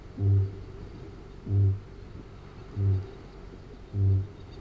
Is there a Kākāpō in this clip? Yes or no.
yes